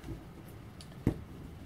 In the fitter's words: Snap in place like that.